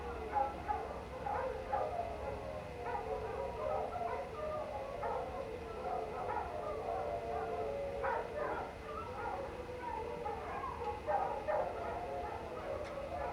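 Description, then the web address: Dense canine pack chorus, wobbling howls and quick yips layered for the whole stretch, accompanied by steady flowing water sound. Pack howling into the night outdoors, late night, cold winter air, beside a man-made water fountain. "Minimal ambiences ambience outdoors late night, cold winter air, pack of canine howling into the night and man made water fountain"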